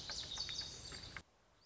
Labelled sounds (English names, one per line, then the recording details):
Lazuli Bunting
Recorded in Sonoma County, California